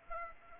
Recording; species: mosquito wingbeat signal from an infrared sensor; Aedes aegypti